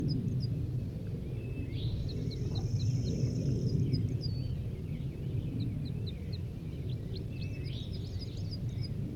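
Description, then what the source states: Red Crossbill song: loose series of quick chips and brief warbled notes, with a steady high whine for a moment and constant low rumble. Wild male singing at the top of a pine; calls from caged crossbills in the background; down Poverty Hollow, almost 8 a.m., June 1, 1983, during capture.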